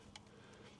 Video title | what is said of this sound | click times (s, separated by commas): Awesome Tesla frunk & trunk LED lights from Tlyard. | So if I pop that in, and it will click into place. | 0.2 s